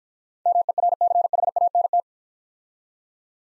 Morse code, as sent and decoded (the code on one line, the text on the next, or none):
-- . .-. -.-. .... .- -. -
MERCHANT